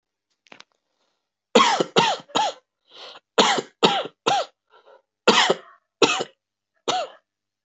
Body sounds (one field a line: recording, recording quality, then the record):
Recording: heavy voluntary cough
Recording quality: excellent, no background noise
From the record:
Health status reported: healthy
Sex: male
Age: 24 years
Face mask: not worn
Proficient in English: yes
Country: India